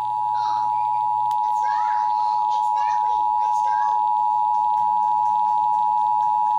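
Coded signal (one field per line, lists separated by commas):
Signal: Emergency Alert System (SAME) tones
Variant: 853 and 960 Hz attention tone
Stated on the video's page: Real Required Monthly Test for DC and North Anna quarterly test, received on many DC-area and Virginia radio and TV stations, relayed broadcast alerts.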